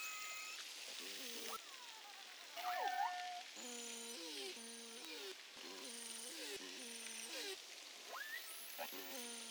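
Beluga whale whistles and pulsed calls: a dense chorus of tonal whistles, sweeping and flat, over buzzy harmonic pulses, with a loud upward-looping whistle near three seconds.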